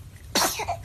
Twin babies looking at each other, and one of the they're little babies now. So twin babies looking at each other, and one of the babies sneezes and gives the other baby a fright.